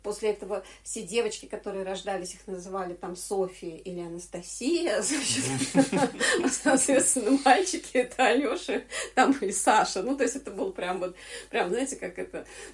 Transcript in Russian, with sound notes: После этого все девочки, которые рождались, – их называли, там, Софья или Анастасия, [смех] соответственно, мальчики – это Алёша, там, и Саша, ну то есть, это был прям вот, прям, знаете, как это,